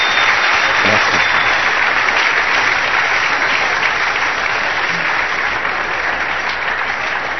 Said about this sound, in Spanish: ¿Puede darle un aplauso al Señor, hermano? Aleluya.